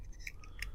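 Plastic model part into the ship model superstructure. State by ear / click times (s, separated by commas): not seated / none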